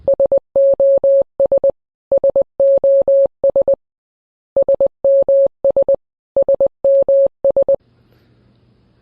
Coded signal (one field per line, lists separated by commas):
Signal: Morse code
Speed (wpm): 20 wpm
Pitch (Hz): 550 Hz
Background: none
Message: SOS SOS SMS SMS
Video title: Fundamentals of Understanding and Writing Morse Codes